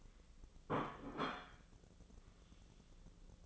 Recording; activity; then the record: daily activity, microphone in the room; place plate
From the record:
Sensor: 4